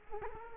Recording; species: mosquito wingbeat signal from an infrared sensor; Culex quinquefasciatus